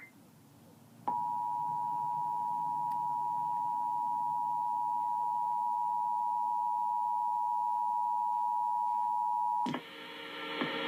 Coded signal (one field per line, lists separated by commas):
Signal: Emergency Alert System (SAME) tones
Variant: 853 and 960 Hz attention tone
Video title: EAS #6: Required Monthly Test for West Virginia (my homestate) on WTOV9 - 06/06/2013 12:30 am